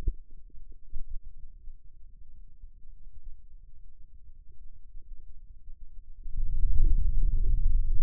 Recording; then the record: forearm muscle sounds (acoustic myography)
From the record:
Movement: wrist flexion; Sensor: system 2, bracelet of six BSWA MPA416 microphones around the upper forearm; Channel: 5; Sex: male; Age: 22 years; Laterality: right